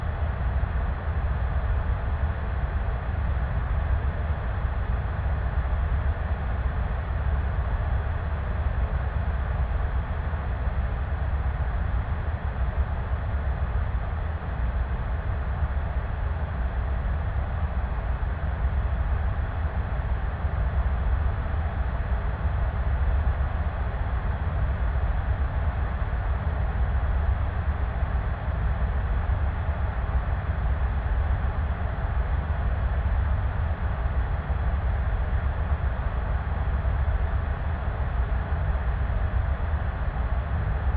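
Steady white noise with a heavy, deep rumble underneath, like the hum inside a moving train carriage. The sound is muffled, with little brightness at the top, and holds an even level for the whole stretch with no separate events.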